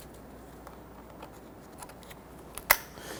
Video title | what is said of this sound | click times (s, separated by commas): How to Replace Front Bumper 1992-1996 Toyota Camry | you can hear it and feel it snap into place | 2.7 s